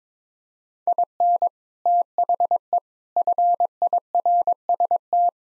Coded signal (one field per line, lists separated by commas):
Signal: Morse code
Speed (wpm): 22 wpm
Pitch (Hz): 700 Hz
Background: none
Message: IN THE FIRST